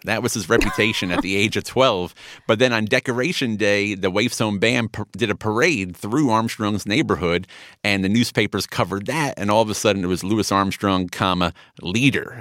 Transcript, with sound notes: That was his reputation at the age of 12.
(Laughter).
But then on Decoration Day, the Waifs Home band did a parade through Armstrong's neighborhood, and the newspapers covered that. And all of a sudden, it was Louis Armstrong, comma, leader.